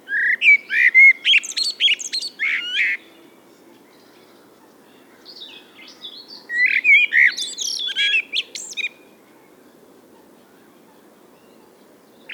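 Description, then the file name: Common blackbird song in two separate phrases of melodious warbling mixed with thin, high twittering, with a long quiet gap between them. "Turdus merula"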